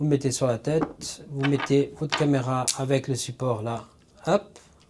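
An action camera, a DJI Osmo Action 5 Pro, is handled and brought toward its magnetic quick-release mount adapter, a part that can fit on a motorcycle helmet, while someone talks throughout. A faint sudden sound comes near 4.8 s, but nothing has seated or clicked yet.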